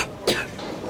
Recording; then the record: coughing mixed with background sound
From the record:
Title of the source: 61 morning phlegmy cough...again